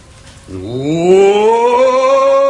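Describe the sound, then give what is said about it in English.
A human voice imitates a roar: one long, loud, throaty bellow that begins low, climbs steadily in pitch and holds for about two seconds, with no other speech. “You want me to roar? Well, of course, we wish you to roar.”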